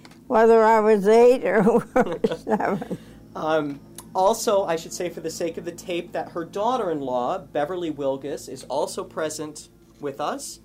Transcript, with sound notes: whether I was eight or what. (they laugh)
Also I should say for the sake of the tape that her daughter-in-law, Beverly Wilgus, is also present with us.